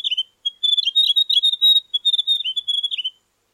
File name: Grey Warbler